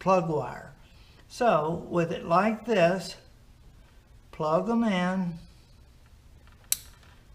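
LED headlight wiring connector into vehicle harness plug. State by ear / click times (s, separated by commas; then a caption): seated / 6.7 s. Someone talks while an LED headlight's wiring connector is pushed into the vehicle harness plug, with the positive lead matched to the yellow wire. A few faint ticks come just before a single sharp, loud snap at 6.7 s, and the plug is seated.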